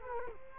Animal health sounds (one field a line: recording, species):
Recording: mosquito wingbeat signal from an infrared sensor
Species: Culex quinquefasciatus